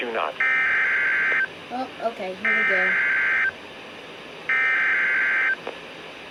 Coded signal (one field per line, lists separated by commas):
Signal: Emergency Alert System (SAME) tones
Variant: header bursts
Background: speech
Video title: Special marine warning and glitch (EAS 13)